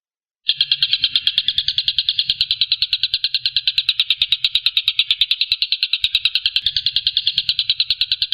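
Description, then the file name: Stork-billed kingfisher rattling in a fast, even stream of harsh clipped notes, running unbroken after a brief silent start. Call style named tembakan, meaning shooting call. "suara tembakan tengkek buto"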